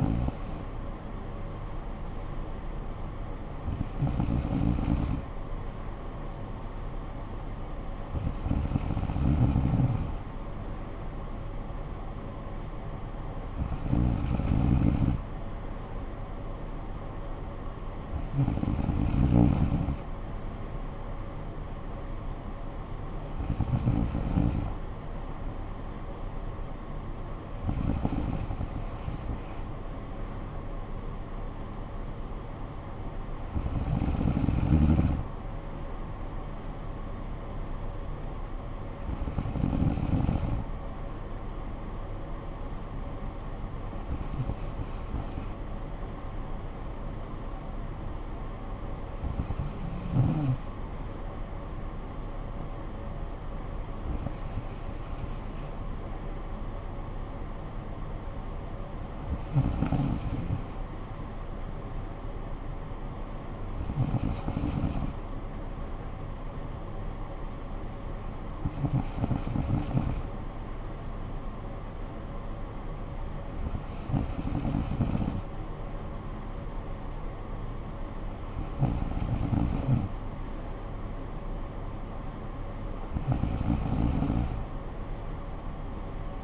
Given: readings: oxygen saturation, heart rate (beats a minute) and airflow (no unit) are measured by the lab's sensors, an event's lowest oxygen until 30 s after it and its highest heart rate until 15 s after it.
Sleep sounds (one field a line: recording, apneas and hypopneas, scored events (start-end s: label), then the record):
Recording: breathing in sleep by a smartphone at the bedside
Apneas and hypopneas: none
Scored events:
17.00-47.00 s: new sleep stage, N3 (deep sleep)
47.00-86.43 s: new sleep stage, N2 (light sleep)
From the record:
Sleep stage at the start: N2 (light sleep)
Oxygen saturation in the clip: 94 to 95%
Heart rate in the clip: 50 to 63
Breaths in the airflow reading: 18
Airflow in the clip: -10.1 to 6.9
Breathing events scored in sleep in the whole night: 445 in 7.6 hours asleep